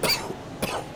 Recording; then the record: coughing mixed with background sound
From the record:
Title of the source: Coughing 79